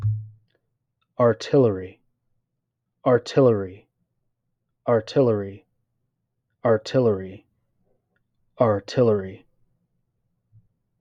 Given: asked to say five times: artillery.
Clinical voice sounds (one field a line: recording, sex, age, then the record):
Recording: repeated word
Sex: male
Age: 30 to 39 years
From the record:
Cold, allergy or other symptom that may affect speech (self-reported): no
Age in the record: 38 years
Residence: Georgia, United States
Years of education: 17